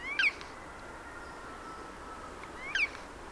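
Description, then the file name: Eurasian jay calling twice, each call short and sharp, about two and a half seconds apart, over quiet background hiss. "Garrulus glandarius"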